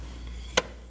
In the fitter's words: Until you hear it pop. That means that the threads are completely disengaged.